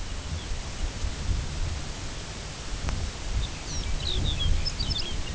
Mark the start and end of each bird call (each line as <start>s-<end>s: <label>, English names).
0.03s-0.85s: Lapland Longspur
3.27s-5.34s: Lapland Longspur